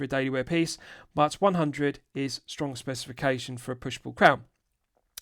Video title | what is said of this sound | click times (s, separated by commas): Frederique Constant Highlife Automatic COSC FC-303G3NH6 4K Watch Review | Pull it out to the first click | 5.2 s